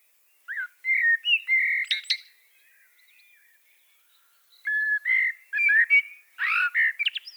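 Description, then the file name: Common blackbird song: two bursts of fluting whistled phrases, each ending in a high squeaky twitter, separated by a few seconds of near silence. "Turdus merula"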